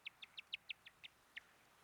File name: Golosa ptic - Zemlyanoj dyatel Geocolaptes olivaceus